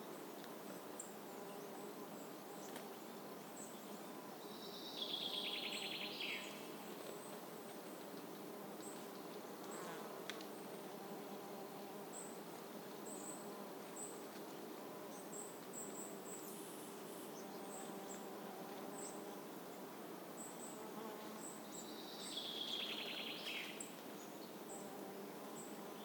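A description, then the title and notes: Insects hum and buzz steadily through a warm summer morning, a dense low-to-mid drone that barely changes. Birds call in the background with short, bright chirps scattered throughout, and two louder trilling bursts stand out around five and twenty-two seconds. Warm Summer Morning. A warm summer soundscape in an early morning revealing a variety of close insects and birds in the background. This place is an ancient neolithic era settlement: there are monoliths nearby. Field recording by Steven Baber.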